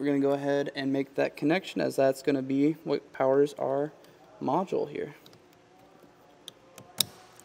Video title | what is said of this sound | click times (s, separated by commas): etrailer - How to Install the T-One Vehicle Wiring Harness on a 2019 Nissan Rogue Sport | Just like the other ones, make sure that clicks into place so you know that it's on there secure. | 7.0 s